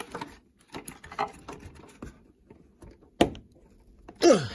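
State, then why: Seated. While working on the wiring of a small Lupo car, a wiring connector is pushed home into its socket. Soft scattered taps and handling noises lead up to a loud, sharp click at 3.2 s, followed by a brief burst of broadband noise near 4.3 s. The connector is seated and confirmed fine.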